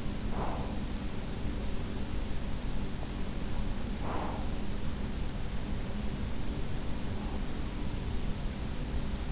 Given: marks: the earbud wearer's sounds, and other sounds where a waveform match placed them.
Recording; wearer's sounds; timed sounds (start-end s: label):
sounds in sleep by an in-ear microphone; breath
0.00-1.32 s: breath
3.55-4.81 s: breath